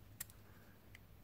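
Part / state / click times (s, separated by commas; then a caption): male XLR plug into female XLR cable connector / seated / 0.2 s. A male metal XLR plug is pushed into a female metal XLR cable connector until the latch catches. A sharp, short click sounds at 0.2 s, followed by a fainter tick at 0.3 s and another light click at 0.9 s. The latch locks and the connector is seated.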